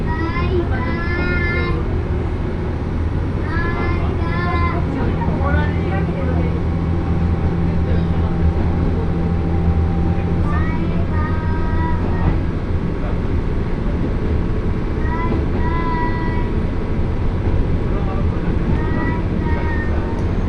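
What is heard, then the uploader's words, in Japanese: Inside a crowded one-car railbus, a steady low engine and wheel rumble runs through the whole recording. High-pitched children's voices chatter and call out in repeated bursts over it. A thin squealing tone drifts in around the middle. 明知鉄道 明智→恵那。１両のレールバスは子供連れや高校生もいるなど一杯で予想外のにぎわいでした。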